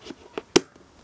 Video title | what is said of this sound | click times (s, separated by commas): Rainbow Pebbles | clip you know just listen for the click and you're good to go | 0.6 s